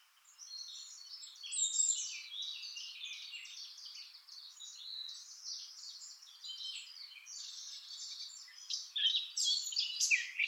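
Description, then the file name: Eurasian blackcap pouring out a long, unbroken high warble of scratchy and whistled notes, swelling louder near the start and again at the end. "Sylvia atricapilla"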